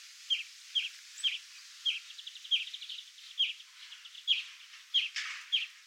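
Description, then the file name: European greenfinch calling with a steady series of clipped chirps, interspersed with faint fast trills over a soft rushing background. "Chloris chloris"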